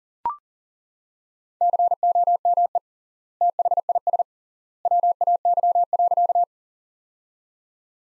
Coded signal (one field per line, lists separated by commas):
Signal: Morse code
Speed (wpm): 37 wpm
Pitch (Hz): 700 Hz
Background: none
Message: COME THIS WAY.